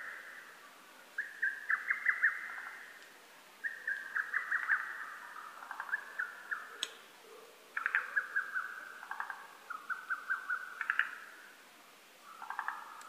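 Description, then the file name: Lesser cuckoo singing rapid chattering phrases, each stepping in pitch, delivered in a steady series with short pauses between them. Recorded 12 June 2010; Japanese name hototogisu. "hototogisu 20100612"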